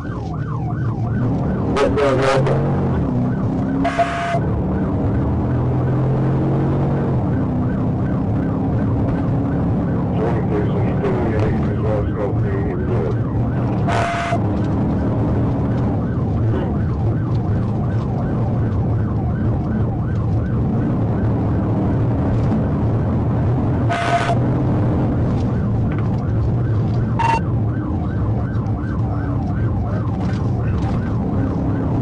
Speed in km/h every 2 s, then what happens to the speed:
64, 85, 105, 127, 132, 135, 137, 142, 138, 137, 150, 155, 143, 134, 116, 124.
0-13 speeds up to 142. 13-19 steady at about 138. 19-21 speeds up to 155. 23-28 brakes to 116.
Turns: none.